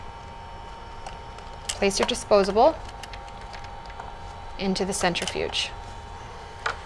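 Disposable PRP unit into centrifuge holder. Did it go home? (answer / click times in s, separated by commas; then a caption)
yes / 6.7 s. A disposable PRP processing unit is placed into the centrifuge holder and pushed down until it seats, with a click at 6.7 s. Someone talks in two bursts around 1.8–2.7 s and 4.6–5.7 s over a steady low hum.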